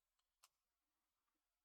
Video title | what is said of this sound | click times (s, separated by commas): Build The Ecto-1 Issue 113 | all right okay everything's clicking into place there | 0.4 s